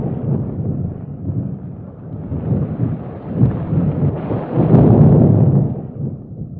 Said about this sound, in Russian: Усю ноч бушавала навальніца